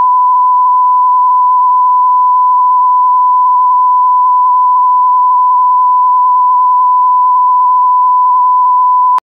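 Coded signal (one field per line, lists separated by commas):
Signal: radio time signal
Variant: TDF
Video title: TDF "France Inter" Time Signal, Allouis France - 162 kHz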